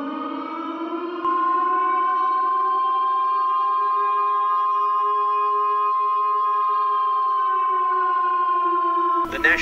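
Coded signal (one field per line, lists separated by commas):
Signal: Emergency Alert System (SAME) tones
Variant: 1050 Hz attention tone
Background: speech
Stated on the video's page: Simulated EAS scenario.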